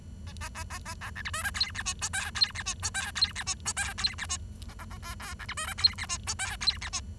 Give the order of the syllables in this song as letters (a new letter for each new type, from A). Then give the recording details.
A A A A A A B C D E F G H I J F G H I J F G H I J F G H A A A K K B C D E F G H I J F G H. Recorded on 23 June 2012 at 07:23. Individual gr41rd51